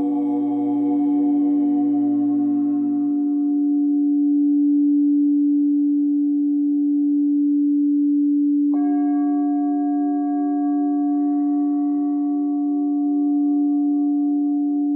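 A singing bowl rings with a steady, low-middle tone that holds for the whole clip. Its brighter overtones and a deeper hum fade over the first few seconds. Near the nine-second mark a new, higher ringing layer enters and sustains alongside the main tone.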